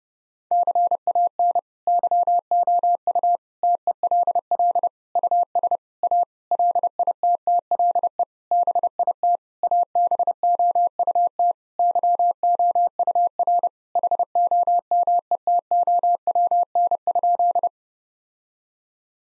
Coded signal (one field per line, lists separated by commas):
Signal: Morse code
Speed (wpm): 30 wpm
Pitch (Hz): 700 Hz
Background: none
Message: CAN YOU TELL US A LITTLE BIT ABOUT YOUR HOMETOWN?